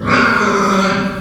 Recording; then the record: squeal of a Yucatan mini pig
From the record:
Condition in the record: after surgery on the right vocal fold (resection and tissue-engineered implant); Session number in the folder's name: 15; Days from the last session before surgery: 175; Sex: female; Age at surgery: 19 weeks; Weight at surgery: 25 kg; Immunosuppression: prednisolone